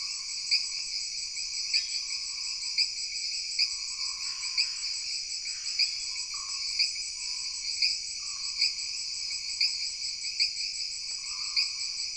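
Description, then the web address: Jungle insects in a dense high chorus, evenly pulsing clicks over a constant drone, with brief scratchy bursts midway and short lower hums. Jungle background ambience of insects with frogs. "Sony Pictures Sound Effects Series Backgrounds Jungle Insects With Frogs"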